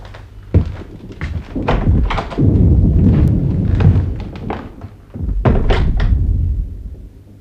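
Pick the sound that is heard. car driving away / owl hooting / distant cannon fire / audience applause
distant cannon fire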